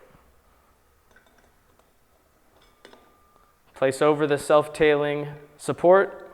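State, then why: Not seated. A self-tailing arm is being placed over the self-tailing support of a Harken 40 Radial sailboat winch. Faint handling noises include a small sharp tick near 2.9 s, and then someone talks. The arm is handled but not yet locked, and nothing has seated or clicked yet.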